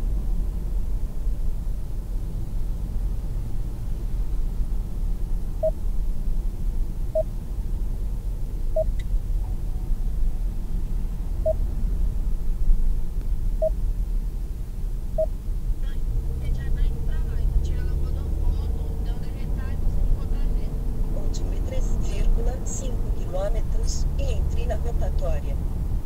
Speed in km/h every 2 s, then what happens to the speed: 53, 52, 50, 48, 46, 45, 43, 42, 48, 55, 62, 66, 67.
0-14 slows to 42. 14-26 speeds up to 67.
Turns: none.